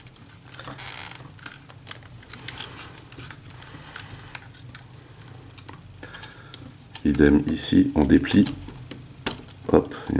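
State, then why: Seated. A folding part of a plastic transformable robot toy figure is unfolded until it locks into position in the body, with a small click at 9.3 s. Someone talks throughout, over light plastic handling and tapping. The joint seats home.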